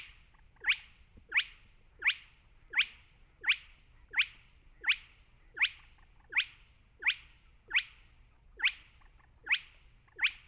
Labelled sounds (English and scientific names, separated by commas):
Spotted Crake (Porzana porzana)